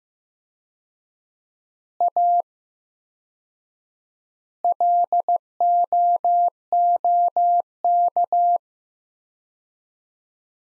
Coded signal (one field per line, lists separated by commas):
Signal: Morse code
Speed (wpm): 15 wpm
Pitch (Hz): 700 Hz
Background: none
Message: A LOOK